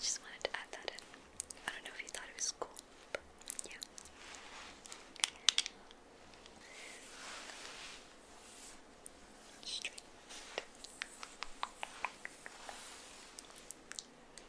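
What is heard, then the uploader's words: Hair being brushed, with a dense run of quick, crisp bristle ticks and clicks scattered across the whole stretch. Softer sweeping strokes swell in around 6–8 seconds and again near 10–11, over a quiet, faint hiss. ASMR Hair Brushing.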